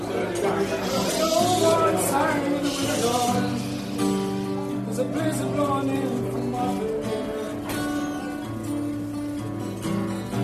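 A lively bar atmosphere: a steady, dense blend of chattering voices over music with sustained, ringing notes and a low, thudding bass line. Brighter bursts of noise rise around the first few seconds and again near eight seconds.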